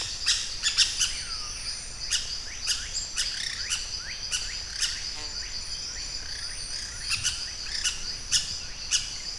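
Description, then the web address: Pyrrhura parakeet calls, rasping downslurred shrieks in loose clusters with short pauses between, a faint high hum running throughout. "parrots pyrrhura"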